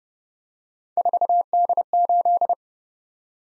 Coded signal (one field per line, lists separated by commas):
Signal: Morse code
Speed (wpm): 30 wpm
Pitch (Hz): 700 Hz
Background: none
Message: 4D8